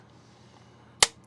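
The top clip of a part on an Agora Models 007 Aston Martin DB5 (No Time To Die), a 1:8 scale diecast model car, did not seat at first and needed a harder push before it snapped home. After a quiet stretch, a single loud, sharp click sounds at 1.0 s, followed by a fainter tick at 1.3 s. The clip is seated.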